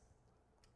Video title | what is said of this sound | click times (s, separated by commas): TVON Live Fine Jewelry Shopping with Lauren Blair - October 2, 2024 | you'll hear it click and then it goes right on through your post so that's how you do it it's really simple and easy | 0.6 s